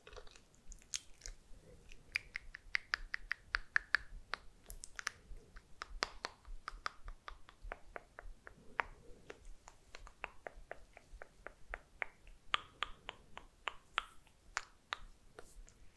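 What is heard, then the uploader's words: Mouth sounds and kiss sounds come as a steady stream of sharp, wet clicks and smacks, several per second, with little pause across the whole stretch. Some pops ring brighter than others, and faint soft rustling from moving hands sits underneath. MOUTH SOUNDS and KISS SOUNDS + HAND MOVEMENTS ASMR.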